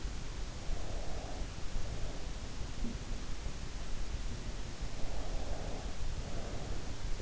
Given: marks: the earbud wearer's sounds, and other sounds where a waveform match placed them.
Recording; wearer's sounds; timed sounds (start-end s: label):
sounds in sleep by an in-ear microphone; breath
0.48-2.49 s: breath
4.95-7.22 s: breath